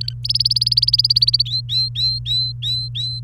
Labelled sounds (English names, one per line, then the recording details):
Domestic Canary song
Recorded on 27 April 2018 at 16:27
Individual llb3